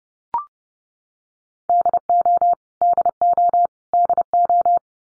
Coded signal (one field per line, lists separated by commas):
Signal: Morse code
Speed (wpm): 30 wpm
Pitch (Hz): 700 Hz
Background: none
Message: DO DO DO